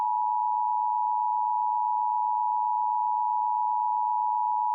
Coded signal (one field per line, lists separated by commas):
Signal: Emergency Alert System (SAME) tones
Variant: 853 and 960 Hz attention tone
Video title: EAS Mock - Waukesha | #JerrysPDSTORChallenge